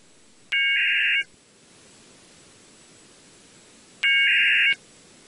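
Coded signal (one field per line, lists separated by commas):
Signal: packet radio (AX.25, as in APRS)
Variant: 1200 baud AFSK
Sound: two short harsh warbling data bursts, each opened and closed by a click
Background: radio static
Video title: How to decode AX.25 Packet using RTL SDR dongle, SDRsharp, Soundmodem and UI-VIEW: APRS decoding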